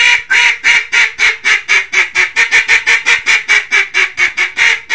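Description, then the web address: Mallard quacking: a rapid, steady run of harsh, nasal quacks, roughly four each second, continuing without a break. "Duck -Mallard"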